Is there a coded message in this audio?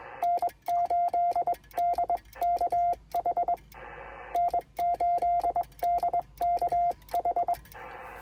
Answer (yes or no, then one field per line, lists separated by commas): yes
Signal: Morse code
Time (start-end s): 0.2-7.5 s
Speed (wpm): 22 wpm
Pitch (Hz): 700 Hz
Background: radio noise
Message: N8DKH N8DKH